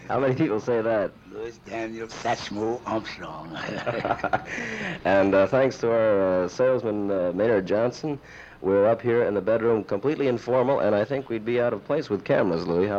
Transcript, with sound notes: How many people say that?
Louis Daniel Satchmo Armstrong. [LAUGHING]
And thanks to our salesman, Maynard Johnson, we’re up here in the bedroom, completely informal, and I think we’d be out of place with cameras, Louie.